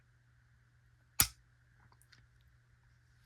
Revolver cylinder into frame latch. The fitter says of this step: locks into place well that's good